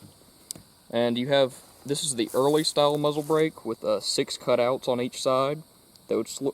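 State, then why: Seated. A steel cleaning rod is seated back into its channel under the barrel of a Finnish-captured SVT-40 rifle after the retaining button is pushed, and a sharp click at 0.5 s marks it locking in place. Someone then talks for the rest of the clip.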